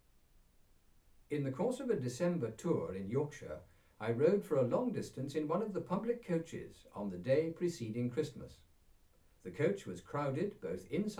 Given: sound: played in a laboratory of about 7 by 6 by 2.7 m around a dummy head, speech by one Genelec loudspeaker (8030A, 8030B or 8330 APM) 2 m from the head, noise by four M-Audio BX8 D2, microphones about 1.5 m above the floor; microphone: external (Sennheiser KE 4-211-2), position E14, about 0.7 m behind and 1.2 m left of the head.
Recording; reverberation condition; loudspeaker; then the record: male speech in English; low; in front (0 degrees)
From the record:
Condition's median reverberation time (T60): about 310 ms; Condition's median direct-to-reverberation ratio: about 3.5 dB